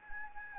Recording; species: mosquito wingbeat signal from an infrared sensor; Anopheles arabiensis